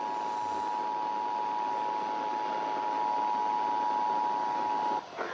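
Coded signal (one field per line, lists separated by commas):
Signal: Emergency Alert System (SAME) tones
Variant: 853 and 960 Hz attention tone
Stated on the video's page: Child abduction emergency alert in the Seattle area, relayed by TV, a 155.475 MHz EAS relay network, FM and AM radio, and NOAA weather radio on 162.475, 162.425 and 162.550 MHz.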